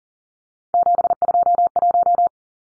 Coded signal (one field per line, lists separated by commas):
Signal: Morse code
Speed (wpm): 40 wpm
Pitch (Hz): 700 Hz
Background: none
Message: 721